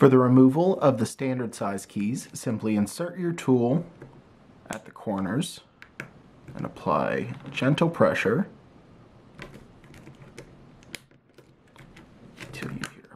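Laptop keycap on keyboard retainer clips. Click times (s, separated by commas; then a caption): 11.0 s. Someone talks while a pry tool is inserted at the corners of a standard-size plastic laptop keycap on an Acer Aspire keyboard, with small ticks and scrapes as gentle pressure is applied. At 11.0 s a sharp pop sounds as the key is released from its retaining clips, followed by a few faint clicks.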